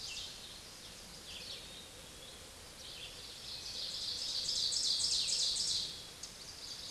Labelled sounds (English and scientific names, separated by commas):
Ovenbird (Seiurus aurocapilla) song